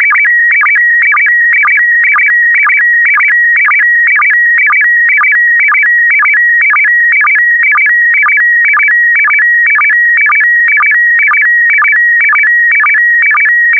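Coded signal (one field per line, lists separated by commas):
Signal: SSTV (slow-scan television)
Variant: PD120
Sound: repeating warbling tone steps with short low blips about twice a second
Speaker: the next image transmission will start in 10 seconds five four three two one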